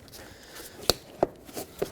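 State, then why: Seated. A new plastic fog light bezel is pressed firmly all the way around into the front bumper cover of a 2013-2018 Hyundai Santa Fe, so its clips lock in and it won't fall off. Sharp plastic clicks at 0.9 s and 1.2 s mark the clips snapping in, followed by a softer tap at 1.8 s over quiet background. The bezel clips are seated in the bumper cover.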